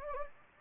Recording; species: mosquito wingbeat signal from an infrared sensor; Anopheles gambiae